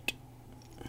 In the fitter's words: just snap it